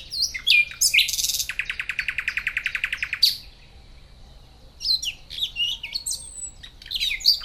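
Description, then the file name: Common nightingale delivering sharp chirps, then a fast buzzy rattle of many repeated notes, a pause and varied whistled phrases. "Luscinia megarhynchos"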